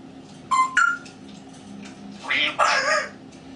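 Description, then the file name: Grey parrot giving two short whistled notes, a pause, then a pair of rough, speech-like sounds. Grey parrot named Grig, talking. "a vot eto razgovarivaet odna pernataya skotina po imeni grig"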